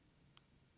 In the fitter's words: so we're going to take our white connector here line it up with the tabs you'll actually hear it click